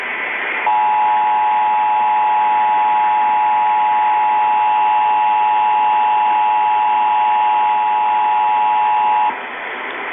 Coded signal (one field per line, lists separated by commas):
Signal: Emergency Alert System (SAME) tones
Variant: 853 and 960 Hz attention tone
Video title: Connecticut and Illinois EAS Tests - 10/2/18